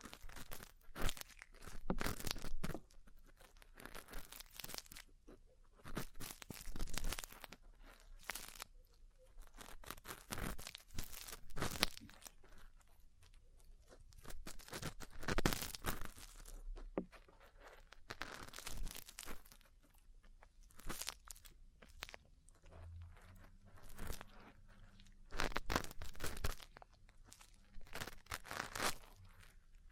Ear Cleaning, Massage, Cupping, Tapping